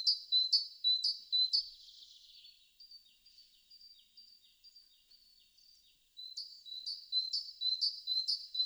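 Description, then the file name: Great tit with bright, clipped high notes repeated roughly twice per second, easing into a quieter, fainter passage before the sharp repeated series returns. "Parus major"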